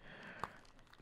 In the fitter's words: we're just going to push it in until we hear it click into place